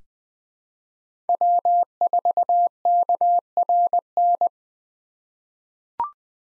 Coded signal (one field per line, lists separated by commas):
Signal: Morse code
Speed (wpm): 20 wpm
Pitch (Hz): 700 Hz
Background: none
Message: W4KRN